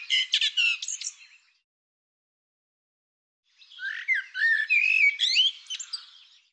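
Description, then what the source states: Bird song opening with rapid rattling notes, then a pause of two seconds and a longer tumbling phrase of mixed whistles and buzzy chatter. Bird labelled "Tu Me".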